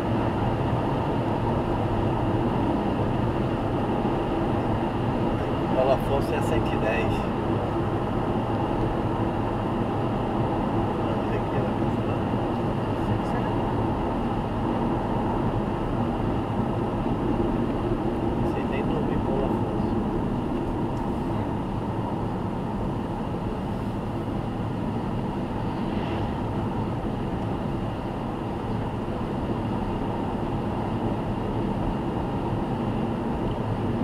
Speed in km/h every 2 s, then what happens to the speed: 107, 106, 105, 103, 102, 100, 97, 95, 88, 76, 74, 74, 75, 79, 79, 81, 84.
0-20 slows to 74. 20-34 speeds up to 84.